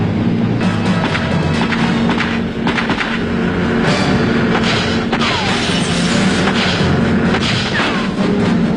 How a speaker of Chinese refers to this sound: 气愤的莱尔梅森将达利洛挟持到自己的快艇上，匆忙逃窜。他们合作与开始行动的警方在海上展开了一场激烈的枪战。